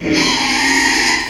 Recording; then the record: squeal of a Yucatan mini pig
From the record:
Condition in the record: after surgery on the right vocal fold (resection and tissue-engineered implant); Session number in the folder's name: 2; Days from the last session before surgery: 13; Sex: male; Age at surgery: 12 weeks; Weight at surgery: 13 kg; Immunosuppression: cyclosporine, prednisolone